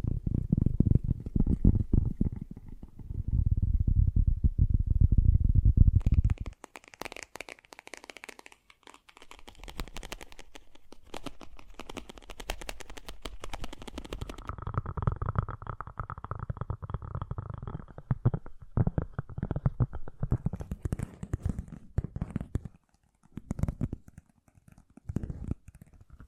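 Fast, gentle tapping runs throughout as a dense, rapid patter of soft strikes. The first six seconds are louder and deeper, with a low rumbling body under the taps. After that the tapping turns lighter and brighter, shifting in tone around fifteen seconds and thinning near the end.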